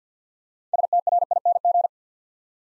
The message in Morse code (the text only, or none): STRING